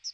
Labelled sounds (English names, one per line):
Chestnut-sided Warbler flight call